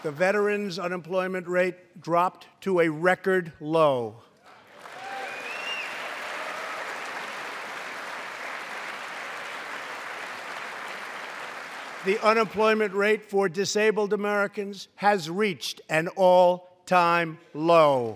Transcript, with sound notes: The veterans unemployment rate dropped to a record low. (Applause.) The unemployment rate for disabled Americans has reached an all-time low.